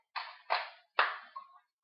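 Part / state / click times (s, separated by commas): magazine into airsoft gun magazine well / seated / 1.0 s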